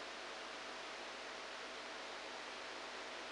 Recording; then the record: brain microelectrode recording played as sound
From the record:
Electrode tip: outside the subthalamic nucleus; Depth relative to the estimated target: 2 mm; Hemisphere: right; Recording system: NeuroSet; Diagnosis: Parkinson's disease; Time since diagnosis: 10 years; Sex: male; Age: 63 years